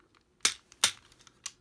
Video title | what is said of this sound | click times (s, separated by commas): Transformers Generations Titans Return Chaos on Velocitron Set Review | they will click in place these will just kind of rotate up they do not | 0.5 s, 0.8 s